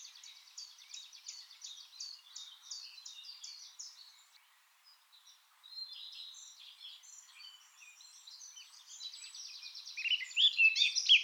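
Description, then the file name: Eurasian blackcap singing a hurried, scratchy chattering warble that pauses, resumes quietly, then swells into a loud, clear fluting flourish at the end. "Sylvia atricapilla"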